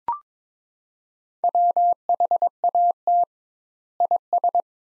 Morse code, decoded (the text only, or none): WHAT IS